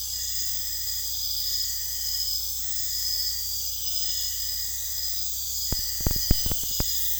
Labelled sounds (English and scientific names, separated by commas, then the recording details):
none
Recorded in dense forest near Puerto Asís, Putumayo, Colombia, on 19 February 2024 at 02:30
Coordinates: 0.485, -76.322
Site G6406